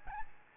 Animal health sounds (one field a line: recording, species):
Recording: mosquito wingbeat signal from an infrared sensor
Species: Aedes albopictus